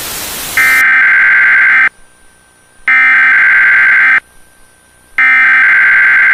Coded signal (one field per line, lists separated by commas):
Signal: Emergency Alert System (SAME) tones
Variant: header bursts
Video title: EAS Scenario - Second 9/11 (9/11/2031)